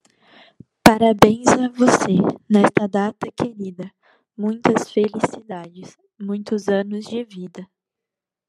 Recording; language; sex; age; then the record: short text; Brazilian Portuguese; female; 20 to 29 years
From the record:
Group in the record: control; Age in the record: 21 years